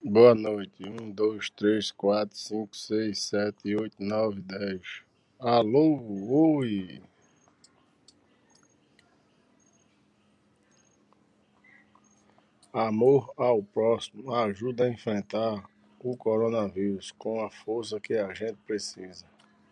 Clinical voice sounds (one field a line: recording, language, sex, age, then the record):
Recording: spoken sentence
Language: Brazilian Portuguese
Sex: male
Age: 40 to 49 years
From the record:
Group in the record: control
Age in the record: 44 years